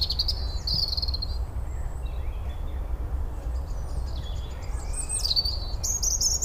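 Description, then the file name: European robin singing thin, high, varied phrases over a constant low rumble. "Erithacus rubecula"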